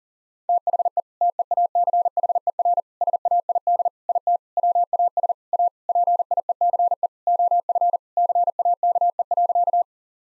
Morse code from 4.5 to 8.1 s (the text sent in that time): WAS A PIECE OF